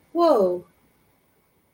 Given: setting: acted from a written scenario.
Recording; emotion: vocal sound without words; positive surprise